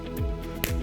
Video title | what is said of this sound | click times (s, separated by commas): Motex 2628 -How to Change The Labels and Ink roller. | You should hear a little click, and then it's all done. | 0.6 s